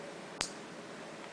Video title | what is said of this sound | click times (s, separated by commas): Syphilis test, Syphillis test | so when you hear that click you know it's primed now we need to turn this twice and remove it and | 0.4 s